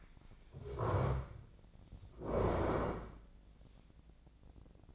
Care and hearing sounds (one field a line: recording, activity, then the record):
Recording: daily activity, microphone in the room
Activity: stand up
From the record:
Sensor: 5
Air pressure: 1012.4 hPa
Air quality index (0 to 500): 148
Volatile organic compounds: 2 ppm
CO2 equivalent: 1020 ppm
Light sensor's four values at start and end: 291/698/298/331 and 292/698/298/332